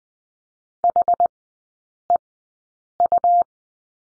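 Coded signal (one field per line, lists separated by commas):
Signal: Morse code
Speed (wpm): 20 wpm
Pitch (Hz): 700 Hz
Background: none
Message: HEU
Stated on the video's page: Morse code course lesson drill on the slash and three characters, sent with Farnsworth spacing at 20/10 wpm.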